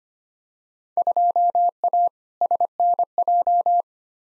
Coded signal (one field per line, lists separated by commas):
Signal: Morse code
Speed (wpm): 25 wpm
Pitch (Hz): 700 Hz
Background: none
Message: 2A SNJ